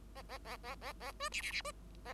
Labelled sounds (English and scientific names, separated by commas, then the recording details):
Bengalese Finch (Lonchura striata domestica) song
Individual Bird5